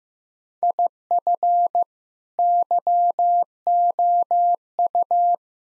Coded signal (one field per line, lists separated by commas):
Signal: Morse code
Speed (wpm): 15 wpm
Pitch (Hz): 700 Hz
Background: none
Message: IF YOU